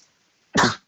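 A single short, explosive voluntary cough from an adult woman, abrupt and sneeze-like in sound.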